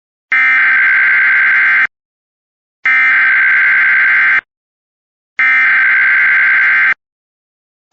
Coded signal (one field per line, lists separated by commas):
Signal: Emergency Alert System (SAME) tones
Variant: header bursts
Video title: Texas AMBER Alert Notification Message - EAS 155